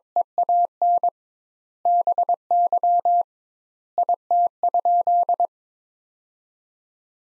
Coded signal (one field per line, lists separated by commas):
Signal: Morse code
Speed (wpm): 22 wpm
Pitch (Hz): 700 Hz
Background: none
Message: EAN BY IT?